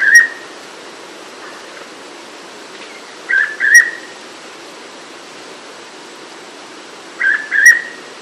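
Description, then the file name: Hooded pitta repeating its two-note whistle three times, roughly every four seconds, with quiet pauses between. "pitta sordida"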